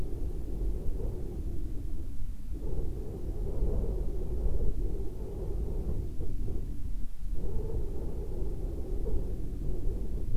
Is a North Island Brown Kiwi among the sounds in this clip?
no